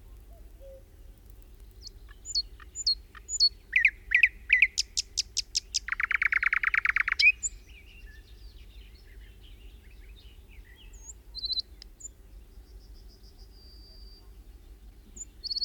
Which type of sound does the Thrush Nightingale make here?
song